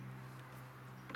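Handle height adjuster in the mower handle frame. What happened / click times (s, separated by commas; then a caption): Handled, not yet home: handle height pin not yet clicked into setting / none. A hand works the handle height adjuster in the handle frame of an Echo DLM 310 46P cordless push lawn mower (2023), pushing it back toward its setting-two detent out of three settings. A steady low hum runs throughout, with a couple of brief handling knocks around 1.1 s. Nothing has seated or clicked yet.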